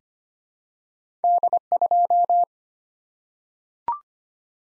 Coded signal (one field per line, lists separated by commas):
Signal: Morse code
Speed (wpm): 25 wpm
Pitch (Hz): 700 Hz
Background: none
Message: D2